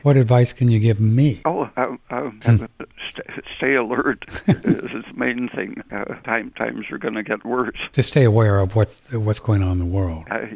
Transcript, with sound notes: What advice can you give me?
Oh, stay alert. (laughing) This is the main thing. Time, times are gonna get worse.
Just stay aware of what's going on in the world.